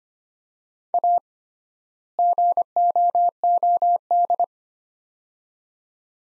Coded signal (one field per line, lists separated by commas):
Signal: Morse code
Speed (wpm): 25 wpm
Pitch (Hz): 700 Hz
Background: none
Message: A GOOD